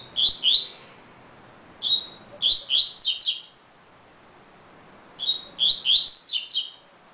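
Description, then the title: Double-collared seedeater song, three lively phrases of high whistled and slurred notes, each opening with a short pure whistle, separated by pauses of one to two seconds. "Canto Coleiro"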